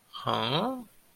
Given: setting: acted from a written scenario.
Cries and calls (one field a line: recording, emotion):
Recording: vocal sound without words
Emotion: confusion